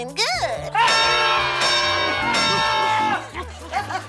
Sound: soundbite of screaming

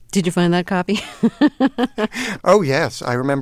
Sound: soundbite of laughter

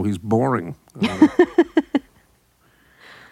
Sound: laughs

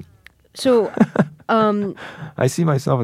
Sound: laughter

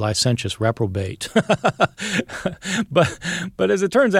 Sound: soundbite of laughter

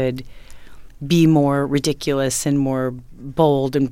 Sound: none

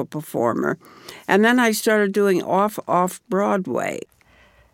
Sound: none

